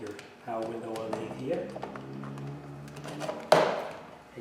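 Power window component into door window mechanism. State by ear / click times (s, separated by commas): seated / 3.5 s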